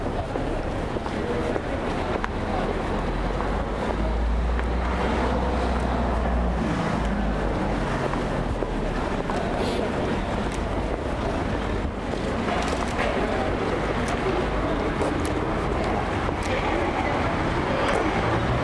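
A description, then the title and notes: Paris street sound: a steady, dense rumble of passing vehicles with low engine drone, faint voices and occasional brief knocks and clicks throughout. Paris, Île de France, France.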